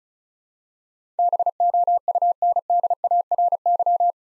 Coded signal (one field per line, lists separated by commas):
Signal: Morse code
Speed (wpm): 34 wpm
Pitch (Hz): 700 Hz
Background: none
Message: BOUNDARY